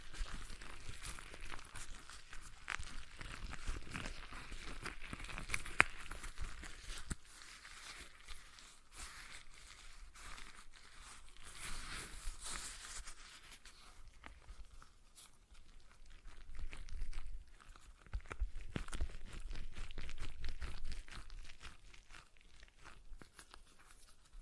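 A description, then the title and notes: A stress ball is squeezed and worked in the hands, giving a dense, irregular run of soft crinkling and rustling with no steady rhythm. The sound is busiest in the first half, thins around fifteen seconds, then returns in short bursts, with one sharp click near six seconds. ASMR Relaxing Stress Ball Sounds (No Talking).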